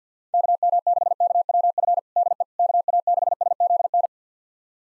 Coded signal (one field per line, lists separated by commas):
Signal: Morse code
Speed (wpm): 50 wpm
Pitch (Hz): 700 Hz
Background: none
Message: KM6KWF DE KA6SZN